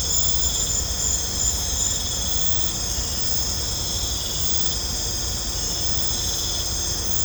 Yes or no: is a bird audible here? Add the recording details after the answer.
no. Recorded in pastures near Puerto Asís, Putumayo, Colombia, on 18 December 2024 at 22:00. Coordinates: 0.502, -76.324. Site G077